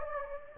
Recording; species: mosquito wingbeat signal from an infrared sensor; Anopheles gambiae